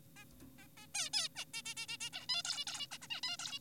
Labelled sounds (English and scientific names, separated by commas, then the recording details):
Zebra Finch (Taeniopygia guttata)
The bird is an adult
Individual g4p5U